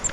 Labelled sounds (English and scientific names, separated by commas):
Grace's Warbler (Setophaga graciae) flight call